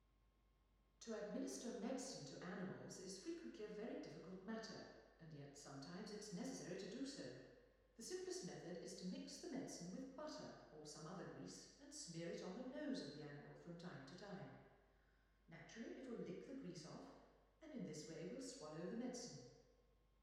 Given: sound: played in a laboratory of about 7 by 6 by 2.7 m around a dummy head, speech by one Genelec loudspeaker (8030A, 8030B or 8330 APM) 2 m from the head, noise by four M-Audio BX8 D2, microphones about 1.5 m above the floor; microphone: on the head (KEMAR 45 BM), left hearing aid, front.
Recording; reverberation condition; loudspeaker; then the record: female speech in English; high; behind (180 degrees)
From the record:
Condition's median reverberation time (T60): about 1300 ms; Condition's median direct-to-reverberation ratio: about -4.0 dB